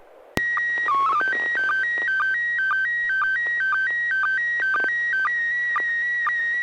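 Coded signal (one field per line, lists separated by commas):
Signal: SSTV (slow-scan television)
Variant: PD 120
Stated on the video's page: Weekly amateur SSTV net on a 441.300 MHz FM repeater, images exchanged using MMSSTV software.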